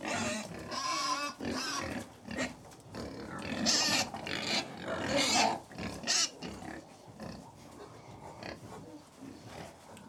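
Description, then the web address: Pigs feeding as a large group: overlapping grunts and squeals, brief high squeaks and constant noisy rustling. About 100 pigs feeding; livestock. "BBC Sound Effects Library. Approx 100 Pigs Feeding"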